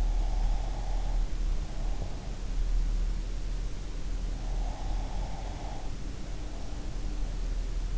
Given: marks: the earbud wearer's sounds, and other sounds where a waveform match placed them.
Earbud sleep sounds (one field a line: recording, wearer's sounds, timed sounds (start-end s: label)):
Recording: sounds in sleep by an in-ear microphone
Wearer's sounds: breath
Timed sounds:
0.00-2.63 s: breath
4.53-7.40 s: breath